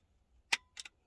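During a double-DIN stereo install in a 2003 Toyota Matrix hatchback, a small dash mechanism part behind a button in the dashboard is pushed into its mating part. A sharp single click at 0.5 s is followed by two smaller ticks at 0.8 s and 0.9 s. The part seats and manually kicks the button out.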